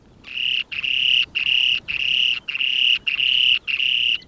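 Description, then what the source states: Spoon-billed Sandpiper song, a series of seven buzzy, high, sustained notes, each about half a second long, separated by brief pauses, steady in pitch. Breeding grounds in far northeast Russia, where as few as 100 remaining pairs breed each summer.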